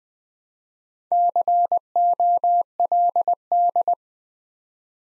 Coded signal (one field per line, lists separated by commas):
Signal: Morse code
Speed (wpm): 20 wpm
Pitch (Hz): 700 Hz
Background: none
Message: COLD